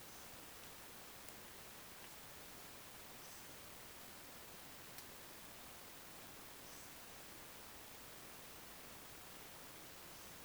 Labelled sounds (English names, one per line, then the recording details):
Eurasian Woodcock whistle
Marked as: whistle, whistle, whistle, whistle
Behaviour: display flight
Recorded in Baden-Württemberg, Germany, on 10 June 2020 at 20:07 UTC
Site 45520, 595 m above sea level